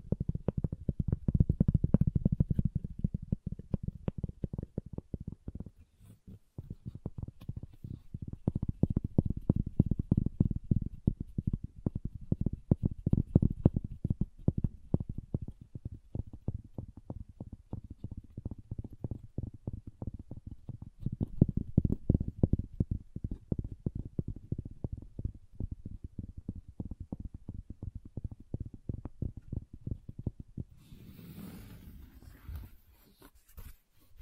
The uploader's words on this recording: ASMR Calming Wood Triggers for Sleep (No Talking).